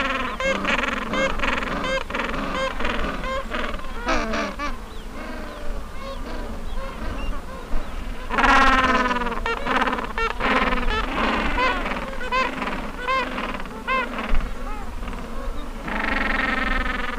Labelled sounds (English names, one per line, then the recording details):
Gentoo Penguin
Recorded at the colony at Sea Lion Island, on 19 December 2014
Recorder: Song Meter SM2+